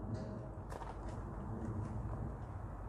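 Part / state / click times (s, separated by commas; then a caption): rear cage door into its side hold-open catch on a tipper body / not seated / none. The metal rear cage door on the tipper body of a 21-plate Ford Transit 350 Cage Tipper (130ps 2.0, dual rear wheels, RWD, 6,500 kg GTM, low mileage) is swung round towards its hold-open catch on the side of the cage so it stays open for tipping. Two short knocks sound at about 0.8 s over a steady low rumble. The door has not latched into place yet; nothing has seated by the end of the clip.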